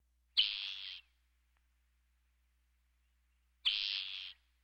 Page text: Spotted Towhee Sparrow. Quick Sounds